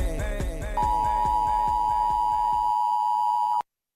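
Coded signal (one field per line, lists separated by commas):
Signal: Emergency Alert System (SAME) tones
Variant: 853 and 960 Hz attention tone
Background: music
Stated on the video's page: SAME tones used within a music mashup.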